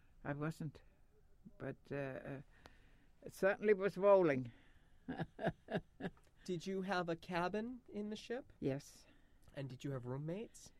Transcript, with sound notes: I wasn't but it certainly was rolling. (she laughs)
Did you have a cabin in the ship?
Yes.
And did you have roommates?